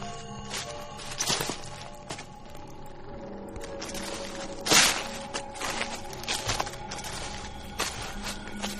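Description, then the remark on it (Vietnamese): Footsteps of someone walking outside a house crunch over dry leaves in an uneven, unhurried rhythm, each step a crisp crackling rustle, one landing noticeably louder midway, with no voices. “Lắng tai nghe thật kỹ thì nó giống như là tiếng bước chân lạo xạo dẫm lên lá khô.”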